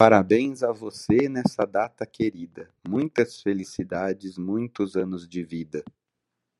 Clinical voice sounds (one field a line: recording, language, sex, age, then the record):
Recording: short text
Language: Brazilian Portuguese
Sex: male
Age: 50 to 59 years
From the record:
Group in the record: control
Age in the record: 54 years